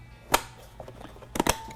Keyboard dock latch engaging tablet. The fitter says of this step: you can hear it snap in so that that this tablet isn't opening up